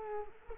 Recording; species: mosquito wingbeat signal from an infrared sensor; Culex quinquefasciatus